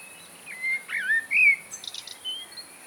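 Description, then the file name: Eurasian blackbird song phrase: a few slurred, mellow whistles followed by a quick thin twittering ending, against steady background hiss. "Turdus merula"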